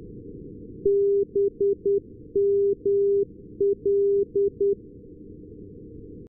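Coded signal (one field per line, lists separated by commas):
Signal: Morse code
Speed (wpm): 10 wpm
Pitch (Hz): 400 Hz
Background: none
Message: BML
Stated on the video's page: Non-directional beacon received with an RTL-SDR and Ham It Up Nano upconverter on a loop antenna lying on the ground.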